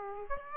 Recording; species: mosquito wingbeat signal from an infrared sensor; Aedes aegypti